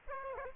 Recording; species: mosquito wingbeat signal from an infrared sensor; Aedes aegypti